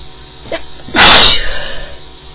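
An adult woman sneezes: a brief intake of breath, then a sharp, noisy burst that fades away.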